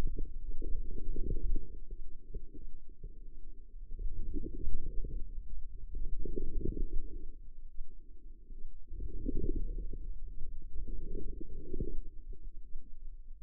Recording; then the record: forearm muscle sounds (acoustic myography)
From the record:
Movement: outward rotation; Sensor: system 2, bracelet of six BSWA MPA416 microphones around the upper forearm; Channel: 1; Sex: female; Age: 25 years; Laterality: right